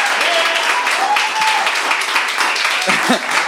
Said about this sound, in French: Alors, le public, je vous demande de choisir qui a raison dans ce débat-là. Et vous y allez par applaudissement. Les gens. Oui, mais est-ce que c'est Fred Savard qui a raison? Applaudissez si vous croyez ça.